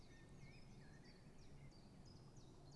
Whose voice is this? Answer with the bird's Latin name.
Phylloscopus collybita